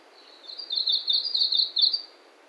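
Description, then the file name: Japanese leaf warbler singing one high, rapid, rhythmic rattling phrase lasting about a second and a half, repeating short buzzy notes. Recorded at Ozenuma, Japan, on 27 August 2019. "メボソムシクイ 尾瀬沼"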